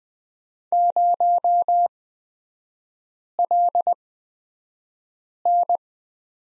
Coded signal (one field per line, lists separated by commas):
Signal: Morse code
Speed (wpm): 20 wpm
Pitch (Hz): 700 Hz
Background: none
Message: 0LN